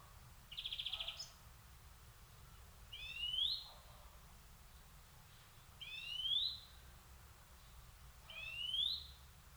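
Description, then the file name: European greenfinch calls: a buzzy pulsed note first, then three wheezy rising sweeps spaced about two and a half to three seconds apart. "Chloris chloris"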